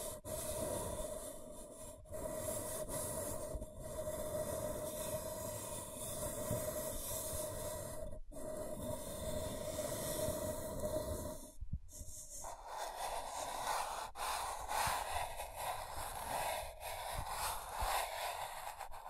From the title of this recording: Scratching & Tracing